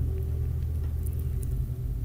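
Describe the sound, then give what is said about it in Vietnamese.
A heavy, steady low-pitched truck engine rumble drones continuously as the truck approaches, with a dense bass throb and faint higher hiss, no voices present. “Chiếc xe tải như bị mất thắng, mặc dù được tài xế chạy rất chậm, nhưng đột nhiên nó hóa thành một chiếc xe điên, lao vun vút không thể dừng lại.”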